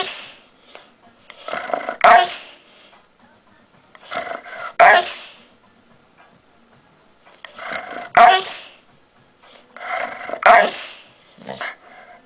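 Labrador Retriever giving rough, noisy barks, each burst led by softer sounds, repeating roughly every three seconds.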